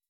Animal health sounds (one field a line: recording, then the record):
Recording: hydrophone in a shrimp aquaculture tank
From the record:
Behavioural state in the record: weakened